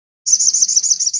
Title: Masteran Burung Sogok Ontong Labaik